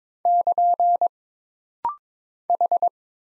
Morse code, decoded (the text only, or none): <KN> H